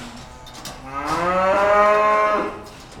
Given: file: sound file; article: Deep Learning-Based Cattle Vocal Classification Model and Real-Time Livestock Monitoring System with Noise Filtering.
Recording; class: cattle; food anticipating call